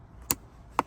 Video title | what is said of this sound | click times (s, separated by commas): Model S & X 2021+ Seat Back Replacements - 100% Real Molded Carbon Fiber | you'll hear it click. That means it's underneath the plastic tab. | 0.3 s, 0.8 s